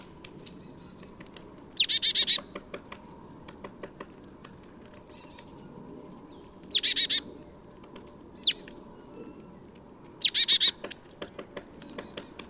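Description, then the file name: Marsh tit calling in quick high chattering bursts of five or six notes, repeated every few seconds, with a single sharp note between the last two bursts. "Poecile palustris"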